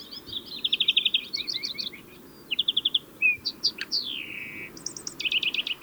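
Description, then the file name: European greenfinch song: trilled twittering phrases, chirps and a descending drawn note, with further trills at the end. "Chloris chloris"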